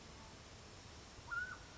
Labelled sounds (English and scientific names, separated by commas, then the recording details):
Mountain Quail (Oreortyx pictus)
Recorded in Sonoma County, California